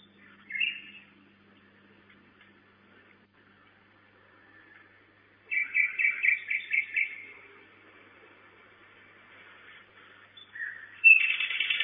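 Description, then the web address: Common nightingale singing separated phrases: a brief whistle, a rapid stuttering trill near six seconds, then a loud whistled phrase at the end. At 23:16 on 10 May 2009, at a nest box. "nistkasten 20090510 2316 nachtigall"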